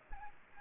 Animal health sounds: mosquito wingbeat signal from an infrared sensor; Aedes aegypti

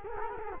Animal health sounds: mosquito wingbeat signal from an infrared sensor; Culex quinquefasciatus

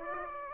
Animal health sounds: mosquito wingbeat signal from an infrared sensor; Aedes aegypti

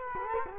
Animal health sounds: mosquito wingbeat signal from an infrared sensor; Culex quinquefasciatus

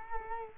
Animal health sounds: mosquito wingbeat signal from an infrared sensor; Culex quinquefasciatus

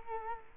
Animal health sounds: mosquito wingbeat signal from an infrared sensor; Culex quinquefasciatus

